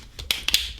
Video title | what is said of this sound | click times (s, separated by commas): ZeroLemon Galaxy S4 Zero Shock Cases - Fits 7500mAh Extended Battery | like so lots of snapping | 0.3 s, 0.5 s